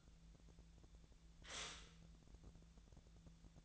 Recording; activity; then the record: daily activity, microphone in the room; stop toaster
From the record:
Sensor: 3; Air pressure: 1000.2 hPa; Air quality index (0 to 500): 158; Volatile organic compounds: 3 ppm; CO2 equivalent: 1394 ppm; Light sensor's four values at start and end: 34/88/37/40 and 34/88/37/40